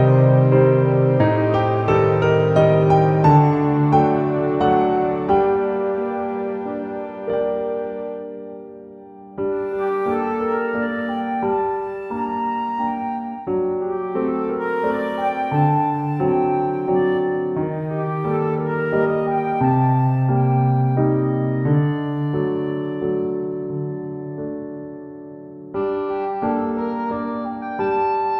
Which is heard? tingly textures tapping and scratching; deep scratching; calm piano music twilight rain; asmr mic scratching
calm piano music twilight rain